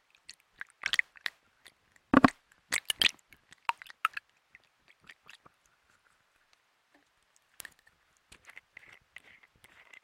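Making homemade stress balls, heard as crisp crinkles, taps and squishy pops. Sharp clicks cluster in the first four seconds, with the loudest burst just after two seconds, then thin out into soft scattered rustles and a faint squeaky rubbing near the end.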